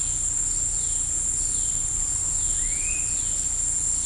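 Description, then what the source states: Insects keep up an unbroken high-pitched buzz, and a single rising bird whistle sounds midway. Bugs heard with birds in the woods of Costa Rica.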